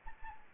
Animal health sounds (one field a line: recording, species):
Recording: mosquito wingbeat signal from an infrared sensor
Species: Anopheles gambiae